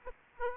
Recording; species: mosquito wingbeat signal from an infrared sensor; Aedes aegypti